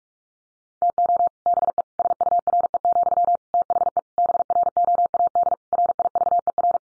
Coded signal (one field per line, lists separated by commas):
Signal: Morse code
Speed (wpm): 44 wpm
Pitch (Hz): 700 Hz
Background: none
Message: TO BE SURE, THE BROAD RIVER